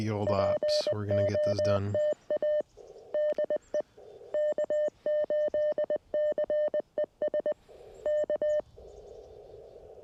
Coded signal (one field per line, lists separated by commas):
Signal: Morse code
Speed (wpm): 20 wpm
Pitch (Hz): 600 Hz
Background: speech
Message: POTA DE K8CES K